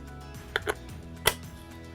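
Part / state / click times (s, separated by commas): magnetic housing halves of handheld device / seated / 0.6 s, 0.7 s, 1.3 s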